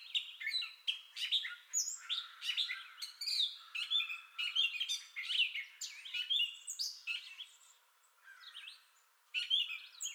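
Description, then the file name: Gray catbird song, a long jumbled run of varied squeaky, mewing and chattering phrases, with a short pause near the end before the bird resumes. Entire song bout, 30 May 2021. "2021-05-30 Gray Catbird Entire Song Bout"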